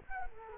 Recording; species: mosquito wingbeat signal from an infrared sensor; Culex quinquefasciatus